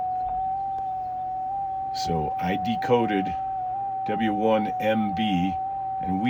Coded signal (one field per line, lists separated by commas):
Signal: FT8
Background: speech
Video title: 2026 Ham Radio Field Day Fun!